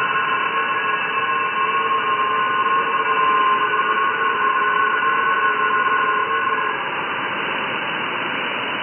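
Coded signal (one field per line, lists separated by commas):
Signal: FT8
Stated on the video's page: FT8 on 20 m at 14.074 MHz received with an SDRplay RSPdx SDR on a 20-meter long wire antenna.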